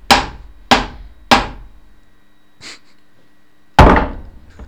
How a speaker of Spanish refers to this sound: Sí, pero casi me abro la cabeza porque la silla... Se desplegó. No, es que es plástico y al pegarle con el martillo rebota para atrás con bastante fuerza. No, no contaba con ello. Mira, haces... Suena bonito.